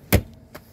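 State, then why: Seated. In a 2014 Burstner Elegance i800G motorhome, the plastic toilet waste cassette is slid back into its external cassette bay after emptying, and it clicks home with a loud, sharp hit at 0.1 seconds, showing it is secured. A faint tick follows at 0.3 seconds and a softer knock at 0.6 seconds.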